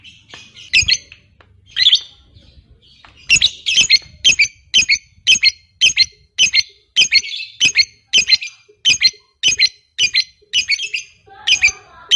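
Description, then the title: Lovebird calling a few spaced sharp, shrill chirps, then a steady series of them, about two a second, with a faint lower squeak near the end. Fighter-type lovebird. "Suara Lovebird FIGHTER NGEKEK PANJANG"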